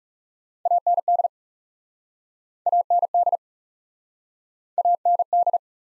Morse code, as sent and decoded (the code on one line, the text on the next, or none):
.- -. -.. / .- -. -.. / .- -. -..
AND AND AND